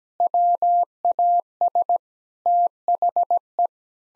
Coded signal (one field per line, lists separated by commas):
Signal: Morse code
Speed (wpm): 17 wpm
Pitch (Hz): 700 Hz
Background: none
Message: WAS THE